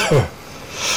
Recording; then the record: coughing mixed with background sound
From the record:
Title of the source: Dry Afternoon Cough